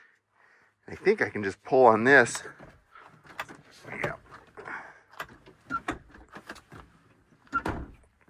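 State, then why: Seated. Someone talks while pulling a Stow 'n Go fold-down seat in a Chrysler Pacifica minivan up from its floor well and pushing it upright, with several short knocks and rattles. At 5.9 s the seat's latch engages its floor/back anchor with a clunk, and the seat is locked in place.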